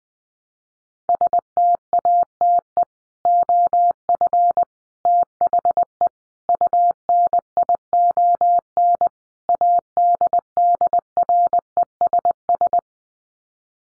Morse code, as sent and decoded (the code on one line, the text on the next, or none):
... - .- - . / --- ..-. / - .... . / ..- -. .. --- -. / .- -.. -.. .-. . ... ...
STATE OF THE UNION ADDRESS